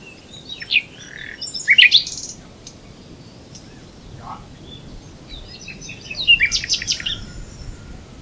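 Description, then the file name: Common nightingale song: two short bursts of high, buzzy, rapid chirping notes separated by a quiet gap, with a single lower note between them. "Luscinia megarhynchos"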